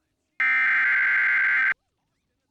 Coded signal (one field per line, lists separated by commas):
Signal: Emergency Alert System (SAME) tones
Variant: header bursts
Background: speech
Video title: (Failed) EAS "Extremely Dangerous Situation" Severe Thunderstorm Warning on TBD. (WUPA 69)